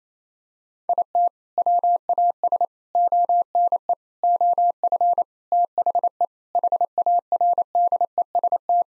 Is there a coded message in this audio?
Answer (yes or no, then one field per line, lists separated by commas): yes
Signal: Morse code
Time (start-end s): 0.9-8.8 s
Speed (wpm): 27 wpm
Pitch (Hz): 700 Hz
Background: none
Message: IT WAS ONE OF THE HARDEST